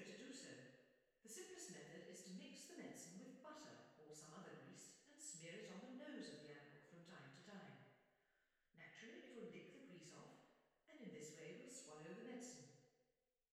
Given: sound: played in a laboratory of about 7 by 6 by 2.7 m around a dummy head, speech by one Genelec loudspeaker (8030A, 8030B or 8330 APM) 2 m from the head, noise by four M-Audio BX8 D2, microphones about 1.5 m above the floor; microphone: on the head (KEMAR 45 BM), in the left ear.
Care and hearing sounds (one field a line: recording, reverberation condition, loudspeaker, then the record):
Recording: female speech in English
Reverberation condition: high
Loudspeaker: 90 degrees to the right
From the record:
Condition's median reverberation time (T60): about 1300 ms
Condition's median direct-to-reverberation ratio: about -4.0 dB